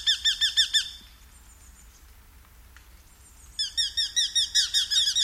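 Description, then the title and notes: Eurasian hobby giving a quick series of shrill kew notes, a short lull with a faint thin note, then another fast, insistent run of ringing calls. "Viikon luontoääni: Nuolihaukka. Juha Laaksonen. Yle"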